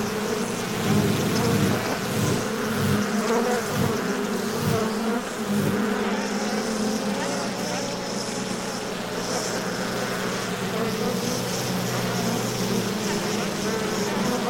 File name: Bees - Beehive Heavy Buzzing Close Perspective